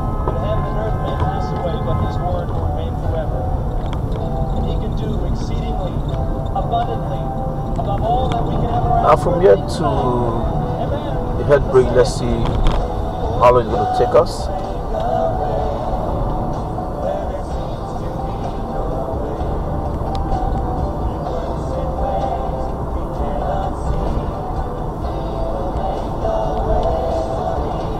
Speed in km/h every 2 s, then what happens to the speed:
35, 31, 39, 44, 48, 48, 53, 55, 58, 60, 61, 63, 64, 64.
2-28 speeds up to 64.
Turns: none.